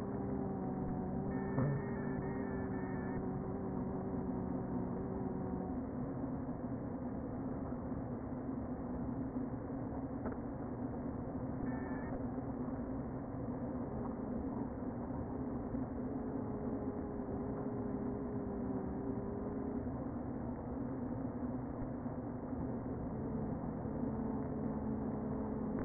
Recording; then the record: honeybee colony, microphone inside the hive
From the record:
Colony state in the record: queen present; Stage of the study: before two queens were removed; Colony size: about 60,000 bees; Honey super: yes